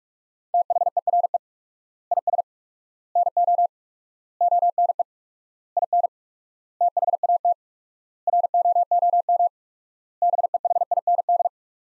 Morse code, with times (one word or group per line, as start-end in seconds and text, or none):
0.5-1.4 THERE
2.1-2.4 IS
3.2-3.7 NO
4.4-5.0 ONE
5.8-6.1 IN
6.8-7.5 THAT
8.3-9.5 ROOM
10.2-11.5 BEHIND